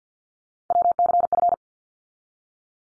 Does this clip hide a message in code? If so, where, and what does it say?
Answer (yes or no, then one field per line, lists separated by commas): yes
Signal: Morse code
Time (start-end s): 0.7-1.5 s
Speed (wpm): 50 wpm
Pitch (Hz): 700 Hz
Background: none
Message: WCF